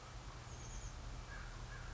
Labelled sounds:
Chestnut-backed Chickadee

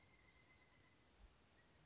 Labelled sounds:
Pileated Woodpecker

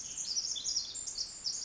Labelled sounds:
Pacific Wren

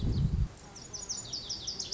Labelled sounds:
Lazuli Bunting

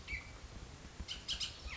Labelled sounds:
Bullock's Oriole

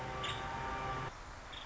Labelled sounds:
Nuttall's Woodpecker

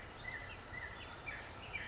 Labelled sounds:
California Quail

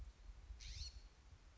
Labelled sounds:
California Scrub-Jay

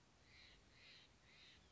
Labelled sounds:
Steller's Jay

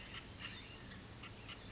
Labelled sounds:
California Scrub-Jay

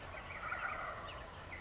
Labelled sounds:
Wild Turkey

